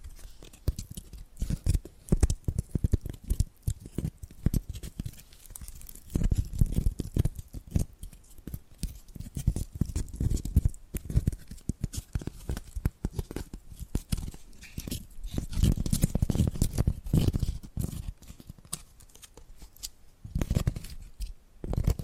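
Quick tapping and scratching run through the whole 22 seconds, a dense scatter of small clicks and scrapes with a low thump underneath. Busier clusters come around 6–7, 10–11 and 15–18 seconds, with short quieter gaps between them.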